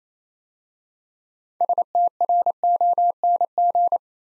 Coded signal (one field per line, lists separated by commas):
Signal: Morse code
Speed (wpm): 29 wpm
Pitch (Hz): 700 Hz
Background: none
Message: STRONG